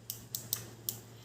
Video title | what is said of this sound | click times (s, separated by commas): JANGKA SORONG DAN MIKROMETER SEKRUP | terus kita putar sehingga berbunyi klik gitu Jadi | 0.1 s, 0.4 s, 0.5 s, 0.9 s